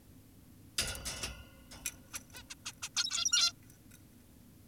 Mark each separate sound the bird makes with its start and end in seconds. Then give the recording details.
2.14-2.20, 2.34-2.43, 2.50-2.55, 2.66-2.72, 2.83-2.89, 2.96-3.53. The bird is an adult. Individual g17y2U